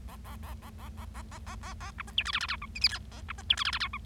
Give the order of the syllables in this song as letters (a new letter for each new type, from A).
A A A A A A A A A A A B C D E F F G H I J K A B C D E F F G H